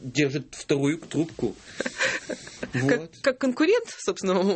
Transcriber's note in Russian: Смеется